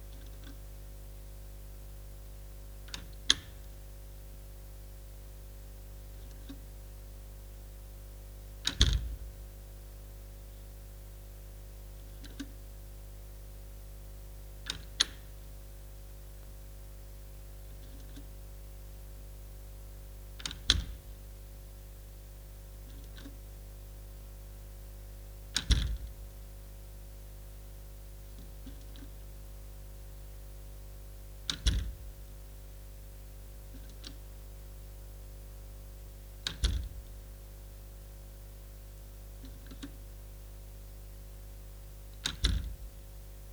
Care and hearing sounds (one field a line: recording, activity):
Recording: daily activity, guitar pickup as the sensor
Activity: manipulate door